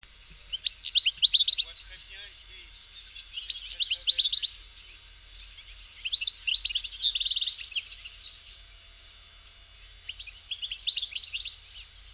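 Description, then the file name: European goldfinch twittering song in bursts of rapid tinkling, buzzy and liquid notes, four phrases separated by short pauses, with faint low background noise. "Carduelis carduelis"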